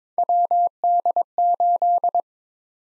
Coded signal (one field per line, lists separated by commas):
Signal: Morse code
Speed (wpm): 22 wpm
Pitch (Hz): 700 Hz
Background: none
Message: WD8